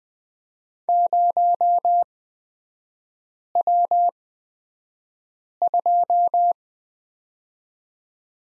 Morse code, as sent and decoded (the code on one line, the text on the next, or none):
----- .-- ..---
0W2